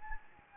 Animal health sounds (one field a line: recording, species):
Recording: mosquito wingbeat signal from an infrared sensor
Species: Anopheles gambiae